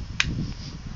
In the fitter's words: This has magnets on the cover, by the way. So when you close this, it does snap into place and it does not fall off.